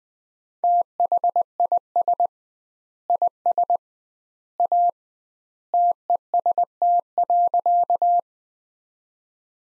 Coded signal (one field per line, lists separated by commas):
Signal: Morse code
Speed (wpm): 20 wpm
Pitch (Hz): 700 Hz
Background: none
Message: THIS IS A TEST.